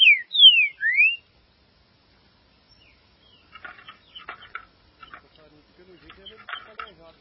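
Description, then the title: Green-winged saltator gives three bright, slurred whistles at the start; after a pause, soft dry clicking notes follow. "Trinca Ferro"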